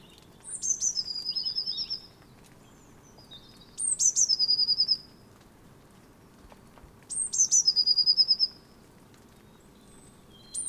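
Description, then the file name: Eurasian blue tit song, high sharp notes sliding into a fast, descending trill, repeated three times about every three seconds, with a fourth beginning at the end. "Cyanistes caeruleus"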